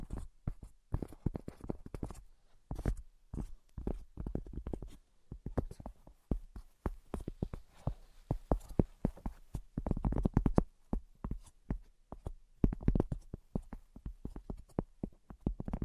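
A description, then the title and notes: Tapping sounds run through the whole clip as dense, uneven runs of short knocks with a solid low thump, a bit like hooves on a hard surface. The taps cluster into quick bursts with brief gaps, growing busier and louder around ten and thirteen seconds. ASMR Brain Penetrating 3D Tapping (No Talking).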